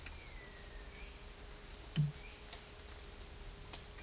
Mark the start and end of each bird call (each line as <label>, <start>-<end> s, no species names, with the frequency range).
bird call (1.5-3.1 kHz), 0.11-1.05 s